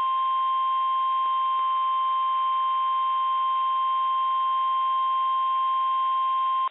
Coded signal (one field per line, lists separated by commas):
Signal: Emergency Alert System (SAME) tones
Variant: 1050 Hz attention tone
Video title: [EAS #4] WXJ94 - Tornado Warning (July 29, 2021; 3:02 PM)